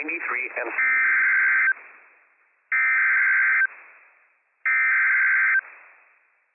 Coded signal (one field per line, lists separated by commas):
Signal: Emergency Alert System (SAME) tones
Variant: header bursts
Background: speech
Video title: Flash Flood Warning - WWF56 - EAS #313 - 5:51 PM PDT 5/20/23